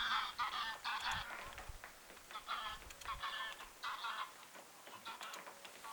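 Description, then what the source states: Domestic goose: several geese giving harsh, nasal, harmonic honking calls in overlapping bursts, with short gaps between bouts. Domestic geese, more than one, vocalizing; recorded 2 August 2026.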